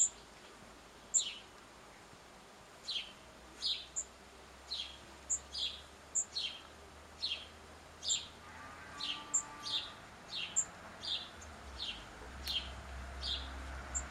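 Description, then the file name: House sparrow calls: chirps repeated about once or twice a second, over a low steady hum and thin high pips. "Passer domesticus"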